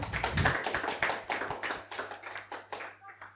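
A burst of audience applause, many quick overlapping claps forming a dense rattling patter that stays fairly steady, then thins out toward the end, with a faint low hum underneath.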